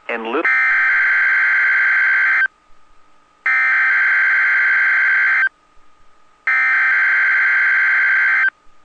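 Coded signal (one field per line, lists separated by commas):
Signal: Emergency Alert System (SAME) tones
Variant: header bursts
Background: speech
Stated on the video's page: Required weekly test from a NOAA weather radio station, with a slow synthesized voice.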